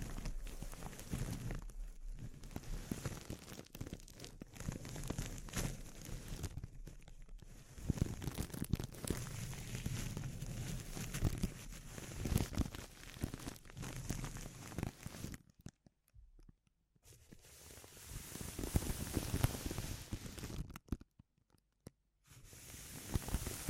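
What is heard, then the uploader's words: Sensitive crinkling sounds, a dense, restless stream of small crackles and rustles with a soft low rumble underneath. The texture churns steadily for about fifteen seconds, then breaks into bursts separated by near-silent gaps around 16 and 21 seconds. ASMR Sensitive Crinkles (No Talking).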